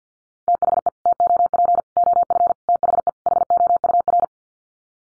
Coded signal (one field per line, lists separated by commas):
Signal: Morse code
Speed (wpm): 50 wpm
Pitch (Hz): 700 Hz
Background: none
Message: THE TOP OF THE HOUR